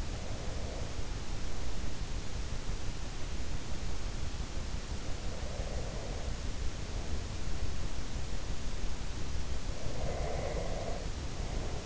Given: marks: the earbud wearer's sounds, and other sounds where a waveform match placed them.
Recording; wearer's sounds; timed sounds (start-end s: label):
sounds in sleep by an in-ear microphone; breath
0.00-0.92 s: breath
5.19-7.09 s: breath
9.73-11.86 s: breath